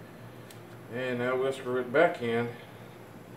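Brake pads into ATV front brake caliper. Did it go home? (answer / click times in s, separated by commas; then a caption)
no / none. Front brake pads are handled at the front brake caliper of a Grizzly 700 ATV during a brake pad change, just before they go back in. Someone talks over low background noise, with a brief faint tick near 0.5 s. Nothing has seated or clicked yet.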